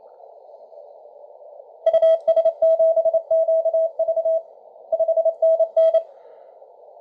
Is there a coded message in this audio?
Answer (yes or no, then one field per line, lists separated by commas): yes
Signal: Morse code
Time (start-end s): 1.9-6.0 s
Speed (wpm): 27 wpm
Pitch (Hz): 650 Hz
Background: none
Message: US7QV 5NN